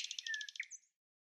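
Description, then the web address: Thrush nightingale song fragment: a quick dry pulsing rattle with a faint underlying whistle, closing with a short slurred note. "Schulze Peter Thrush Nightingale song"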